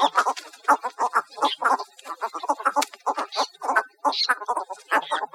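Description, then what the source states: Cattle Egret giving harsh, throaty croaks in a rapid chatter, with short gaps between bursts. Costa Rica, 4 August 2008.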